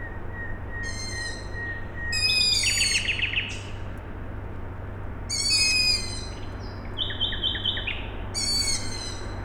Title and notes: Maciejkowicka , 41-103 Siemianowice Śląskie, Polska - Owl chicks and a nightingale. Wtorek, 21 maja 2019. Noc. Nawoływanie piskląt sowy. Słowik. Kombinat w tle. Nagrania terenowe Siemianowic Śląskich - Dźwiękowy Portret Miasta